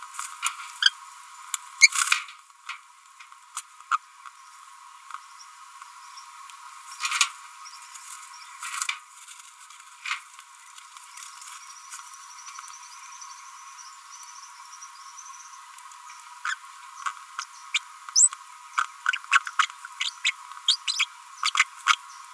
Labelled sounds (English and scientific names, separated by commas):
Green-rumped Parrotlet (Forpus passerinus) babbling